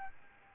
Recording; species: mosquito wingbeat signal from an infrared sensor; Aedes albopictus